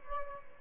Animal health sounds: mosquito wingbeat signal from an infrared sensor; Aedes albopictus

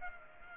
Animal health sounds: mosquito wingbeat signal from an infrared sensor; Culex pipiens

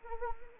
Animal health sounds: mosquito wingbeat signal from an infrared sensor; Anopheles arabiensis

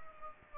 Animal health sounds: mosquito wingbeat signal from an infrared sensor; Aedes aegypti

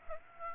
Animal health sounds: mosquito wingbeat signal from an infrared sensor; Aedes aegypti

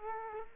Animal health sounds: mosquito wingbeat signal from an infrared sensor; Culex quinquefasciatus

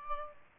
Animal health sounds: mosquito wingbeat signal from an infrared sensor; Aedes albopictus

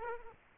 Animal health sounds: mosquito wingbeat signal from an infrared sensor; Aedes aegypti

